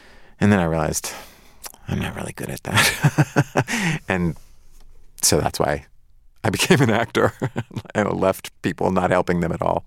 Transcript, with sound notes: And then I realized, I'm not really good at that (laughter). And so that's why I became an actor and left people not helping them at all,